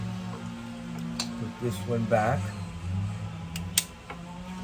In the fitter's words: And that's a good sound.